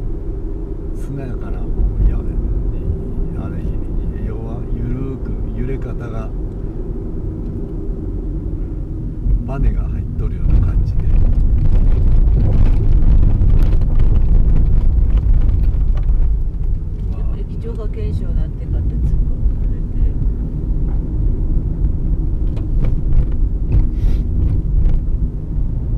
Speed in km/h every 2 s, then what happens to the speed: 42, 41, 42, 38, 31, 15, 16, 17, 23, 26, 29, 30, 26.
0-7 steady at about 41. 7-10 brakes to 15. 10-15 steady at about 16. 15-22 speeds up to 30.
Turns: none.